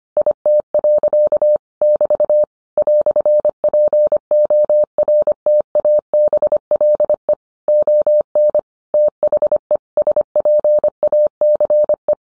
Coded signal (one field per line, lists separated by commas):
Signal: Morse code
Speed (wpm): 25 wpm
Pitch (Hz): 600 Hz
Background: none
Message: IT. <BT> "PORTABLE ON THE SPACE